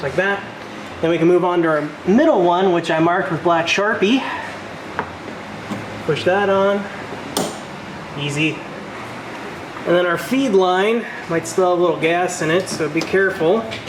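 During a fuel pump replacement on a 2000–2006 Chevrolet Silverado, Suburban, Tahoe, GMC Yukon XL or Sierra, the middle fuel line, marked with black sharpie, is pushed by hand so its quick-connect fitting goes onto the fuel pump module line. A single sharp click at 7.4 s shows the fitting has seated. Someone talks throughout.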